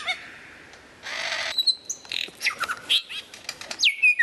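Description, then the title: White-rumped shama song with a rich mix of sounds: a buzzy rasp, a long steady high whistle, quick chips, and falling, slurred whistled notes, delivered in varied bursts. Murai batu song, 2014. "mster Mnuk. Mastering Murai Batu 2014"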